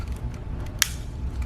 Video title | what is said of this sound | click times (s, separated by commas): How To Paint Match FORD EMBLEMS and F350 BADGES! | then hear it click together like that. | 0.8 s